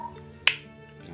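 A flat-head screwdriver is placed about halfway down the seam of a plastic Mazda remote key fob and twisted to pry the two shell halves apart for a battery replacement. Over a low, steady tonal background, one sharp, bright click sounds at 0.5 s as the clip lets go and the halves come apart.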